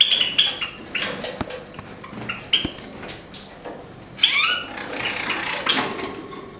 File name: pesnya risovoi amadiny